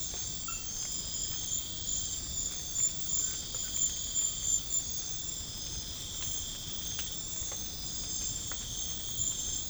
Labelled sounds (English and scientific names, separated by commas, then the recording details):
none
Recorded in pastures near Puerto Asís, Putumayo, Colombia, on 13 March 2025 at 23:30
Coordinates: 0.505, -76.324
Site GP08